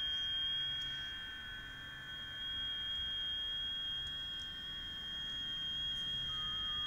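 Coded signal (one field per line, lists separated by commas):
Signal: FT8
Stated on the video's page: FT8 on 28 MHz received portable with an Eton G6 Aviator and 40 cm antenna; stations from five continents heard.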